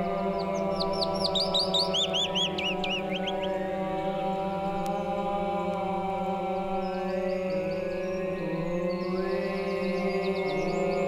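Willow Warbler gives a gently falling run of clear slurred notes, with a few more high bird notes later, all over a continuous layered musical drone.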